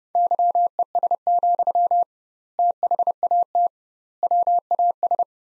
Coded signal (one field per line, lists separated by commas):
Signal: Morse code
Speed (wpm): 30 wpm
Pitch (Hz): 700 Hz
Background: none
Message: YES, THAT WAS